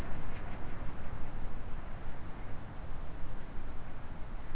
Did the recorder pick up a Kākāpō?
no